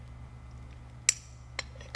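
A metal retaining ring is walked around and pressed into its groove on an Eaton Carter 60554 ground fueling hydrant valve body. It snaps into place with a sharp, bright metallic click at 1.1 s, followed by smaller ticks around 1.6 s and 2.0 s. The ring is seated and confirmed secure.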